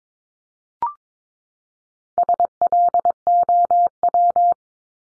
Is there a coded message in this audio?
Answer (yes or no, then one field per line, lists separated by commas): yes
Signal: Morse code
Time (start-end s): 2.2-4.5 s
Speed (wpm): 22 wpm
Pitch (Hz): 700 Hz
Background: none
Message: SLOW